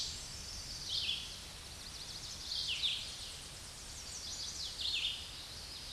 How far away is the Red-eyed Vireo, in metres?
about 25 m